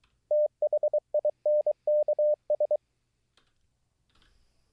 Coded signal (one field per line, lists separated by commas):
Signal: Morse code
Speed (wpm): 23 wpm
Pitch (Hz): 600 Hz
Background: none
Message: THINKS